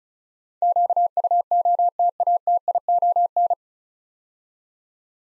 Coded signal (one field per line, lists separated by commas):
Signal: Morse code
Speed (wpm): 36 wpm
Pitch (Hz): 700 Hz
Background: none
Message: QUOTATION